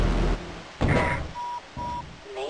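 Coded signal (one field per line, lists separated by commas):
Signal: none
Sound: a game suit's warning beeps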